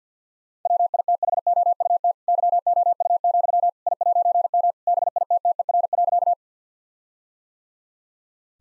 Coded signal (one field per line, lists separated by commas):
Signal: Morse code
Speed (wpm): 50 wpm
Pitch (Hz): 700 Hz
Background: none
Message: WITHOUT YOU, I'M BITTER.